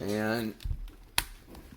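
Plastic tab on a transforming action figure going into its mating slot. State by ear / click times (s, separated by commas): seated / 1.2 s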